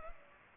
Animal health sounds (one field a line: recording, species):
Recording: mosquito wingbeat signal from an infrared sensor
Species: Culex pipiens